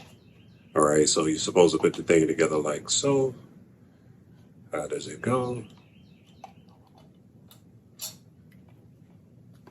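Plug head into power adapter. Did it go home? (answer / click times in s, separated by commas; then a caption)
no / none. An interchangeable plastic plug head is being fitted onto a power adapter body as someone talks while working out how it goes. Several small ticks sound around 6.4, 6.9, 7.5, 8.5 and 9.7 seconds as the head is lined up. The clip ends before the part goes home, so nothing has seated or locked yet.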